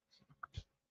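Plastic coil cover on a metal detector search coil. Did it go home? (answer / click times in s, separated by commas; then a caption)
yes / 0.4 s. A plastic coil cover on a metal detector search coil, found not fully seated after coming out of a bag, is pressed down around its edge. Soft rubbing and pressing sounds lead to a sharp, bright snap at 0.4 s as a section pops fully into place, followed by a duller, louder thump just before 0.6 s. The cover ends up seated.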